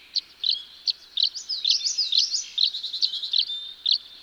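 Tree swallow calls: sharp high chirps and liquid gurgling twitters, with clusters of warbling notes in the middle.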